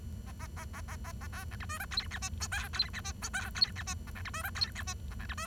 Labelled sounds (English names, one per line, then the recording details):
Bengalese Finch song
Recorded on 23 June 2012 at 10:30
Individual gr41rd51